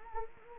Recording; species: mosquito wingbeat signal from an infrared sensor; Anopheles gambiae